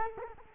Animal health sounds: mosquito wingbeat signal from an infrared sensor; Culex quinquefasciatus

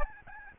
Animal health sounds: mosquito wingbeat signal from an infrared sensor; Aedes albopictus

